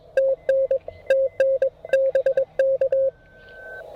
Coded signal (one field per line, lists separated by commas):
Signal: Morse code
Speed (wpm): 21 wpm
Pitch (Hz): 540 Hz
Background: radio noise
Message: TN TN BK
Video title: POTA Plan C: Swapping antennas and rigs at Tuttle Educational State Forest